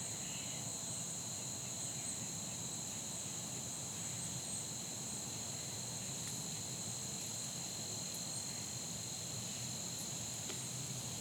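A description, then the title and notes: Insects drone without pause through the whole stretch, a high, even whine layered with a second thinner tone above it. Underneath sits a soft, low rumble, like traffic. A few faint ticks land around the middle and near the end. Soundcast: Insects and Acorns. Recorded on a fall day that felt more like late summer, down to the insects droning like the heat. As a seasonal touch they were joined on percussion by the falling acorns bombarding the neighborhood.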